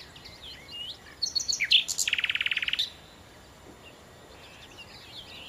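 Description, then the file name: Common nightingale song with a loud rattling trill of rapid repeated notes after sharp whistles, then quiet soft phrases from other singing birds. "Nachtigall"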